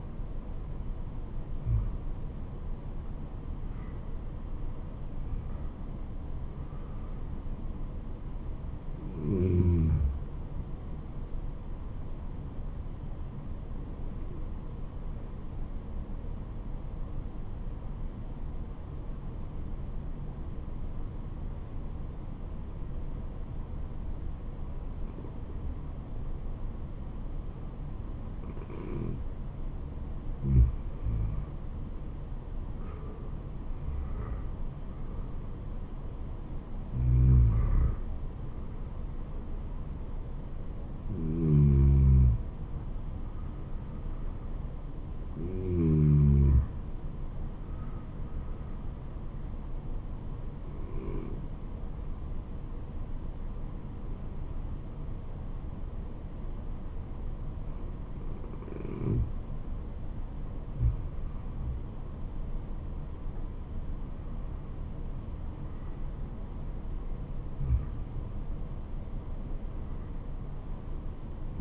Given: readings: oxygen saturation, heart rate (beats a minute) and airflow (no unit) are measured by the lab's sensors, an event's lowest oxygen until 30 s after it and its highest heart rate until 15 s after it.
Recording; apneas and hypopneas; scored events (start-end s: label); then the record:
breathing in sleep by a smartphone at the bedside; 2
14.00-34.00 s: hypopnea (N1, oxygen 96% highest, then 93% lowest, heart rate 74 at the start, 75 highest)
16.00-71.61 s: new sleep stage, N2 (light sleep)
50.00-64.60 s: hypopnea (N2, oxygen 96% highest, then 94% lowest, heart rate 74 at the start, 78 highest)
From the record:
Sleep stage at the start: N1 (lightest sleep); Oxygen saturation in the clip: 93 to 96%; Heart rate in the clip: 71 to 77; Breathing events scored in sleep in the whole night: 426 in 7.4 hours asleep